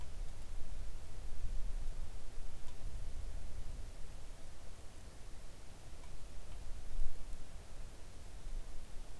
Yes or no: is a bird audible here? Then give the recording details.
yes. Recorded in the Arctic National Wildlife Refuge, Alaska, on 3 August 2019 at 05:47. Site 41